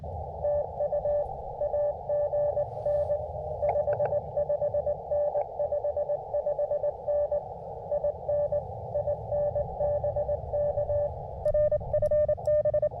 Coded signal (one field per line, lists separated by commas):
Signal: Morse code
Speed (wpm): 26 wpm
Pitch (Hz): 600 Hz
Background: none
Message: TU AGN 55N 55N IN IN BK RFB